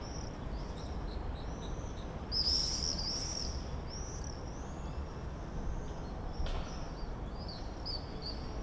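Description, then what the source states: Common swift screams, shrill and high, with one loud close burst near the middle and fainter screams before and after, over low continuous background noise. Summer evening in a backyard in Bytom, Poland; many swifts circling; recorded with Zoom F4 and AT BP4025.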